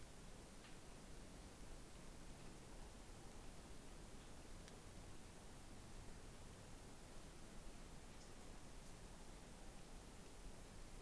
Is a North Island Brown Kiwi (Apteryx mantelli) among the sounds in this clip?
no